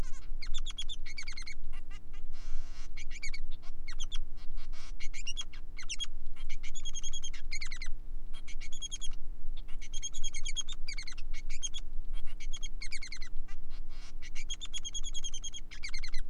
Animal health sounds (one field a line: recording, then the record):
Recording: song of a male Bengalese finch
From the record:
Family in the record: son of father 3